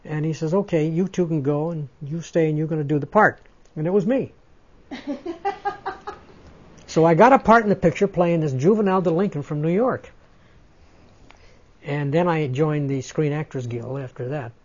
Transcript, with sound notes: and he says, "Okay, you two can go, and you stay, and you're going to do the part." And it was me. (laughs) So I got a part in the picture playing this juvenile delinquent from New York. And then I joined the Screen Actors Guild after that.